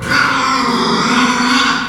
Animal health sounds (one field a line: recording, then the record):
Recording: squeal of a Yucatan mini pig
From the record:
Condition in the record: after surgery on the right vocal fold (resection and tissue-engineered implant)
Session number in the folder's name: 15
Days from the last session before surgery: 175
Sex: female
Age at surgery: 19 weeks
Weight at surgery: 25 kg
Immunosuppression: prednisolone